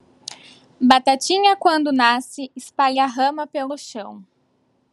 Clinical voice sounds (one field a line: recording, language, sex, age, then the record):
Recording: short text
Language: Brazilian Portuguese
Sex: female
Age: 20 to 29 years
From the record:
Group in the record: control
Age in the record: 28 years